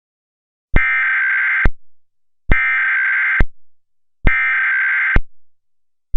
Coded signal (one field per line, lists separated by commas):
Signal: Emergency Alert System (SAME) tones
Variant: header bursts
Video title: War of the Machines (EAS Scenario)